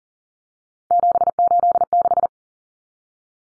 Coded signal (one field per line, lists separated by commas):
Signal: Morse code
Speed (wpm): 40 wpm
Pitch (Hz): 700 Hz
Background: none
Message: 786